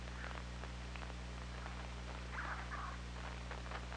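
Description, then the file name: Killer whale calls: a couple of faint, smeared mid-pitched calls in the second half, over scattered clicks and a steady low hum. Underwater recording from the OrcaLab hydrophone, 24 August 2017 at 21:16. "Orca Lab UTLN JASON 20170824 211625"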